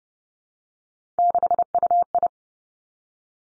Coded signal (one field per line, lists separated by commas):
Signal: Morse code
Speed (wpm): 30 wpm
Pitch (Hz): 700 Hz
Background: none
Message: 6UI